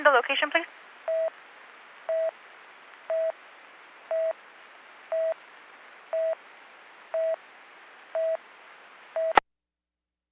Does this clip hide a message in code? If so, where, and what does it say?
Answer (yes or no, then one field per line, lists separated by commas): no